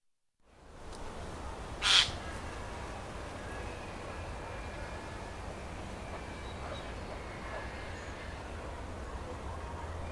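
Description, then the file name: Eurasian jay, one short harsh screech early on, followed by a long stretch of steady low rumble and hiss with no further calls. "Garrulus glandarius"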